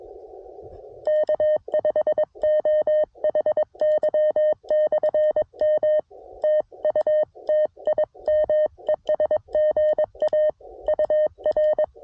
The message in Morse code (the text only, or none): K5OHY/M TU TIM ES GA UR